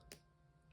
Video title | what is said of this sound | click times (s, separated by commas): How to Make "Pikachu" 3D Fuse Bead Art! | Snap into place. | 0.1 s